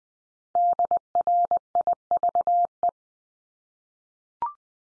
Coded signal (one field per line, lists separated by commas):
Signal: Morse code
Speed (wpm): 19 wpm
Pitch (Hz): 700 Hz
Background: none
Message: DRIVE